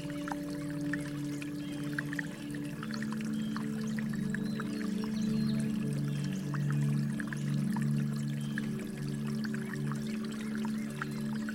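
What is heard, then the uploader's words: A small forest stream trickles and splashes, with quick bright drips and pops scattered densely through the whole twelve seconds. Underneath runs a steady low hum with a few sustained tones that swell slightly in the middle, keeping the overall level even. Relaxing Small Forest Stream Music.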